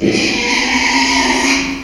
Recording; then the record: squeal of a Yucatan mini pig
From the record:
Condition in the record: after surgery on the right vocal fold (resection and tissue-engineered implant); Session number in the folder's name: 2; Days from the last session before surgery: 13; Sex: male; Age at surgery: 12 weeks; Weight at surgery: 13 kg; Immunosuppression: cyclosporine, prednisolone